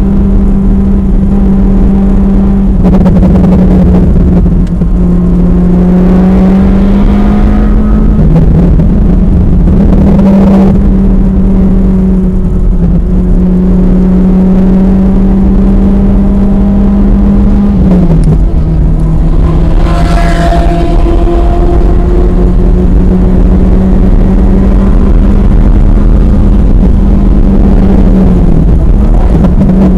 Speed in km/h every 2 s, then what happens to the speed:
106, 101, 106, 114, 106, 101, 105, 108, 111, 114, 124, 132, 137, 130, 85.
3-6 speeds up to 114. 6-11 slows to 101. 11-23 speeds up to 137. 25-30 brakes to 85.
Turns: 6-14.